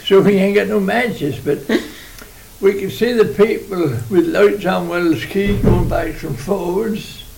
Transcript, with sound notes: So we ain't got no matches but-- [laughs] We could see the people with lights on Wells Quay going backwards and forwards.